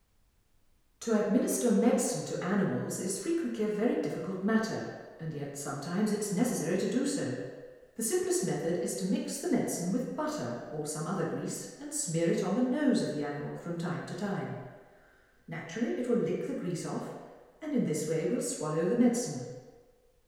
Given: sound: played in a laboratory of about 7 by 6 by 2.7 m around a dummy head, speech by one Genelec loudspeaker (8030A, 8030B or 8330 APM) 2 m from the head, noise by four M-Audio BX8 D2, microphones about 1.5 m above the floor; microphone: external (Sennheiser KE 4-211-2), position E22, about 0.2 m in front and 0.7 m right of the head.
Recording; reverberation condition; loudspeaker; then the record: female speech in English; high; 30 degrees to the left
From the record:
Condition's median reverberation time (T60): about 1300 ms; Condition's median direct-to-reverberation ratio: about -4.0 dB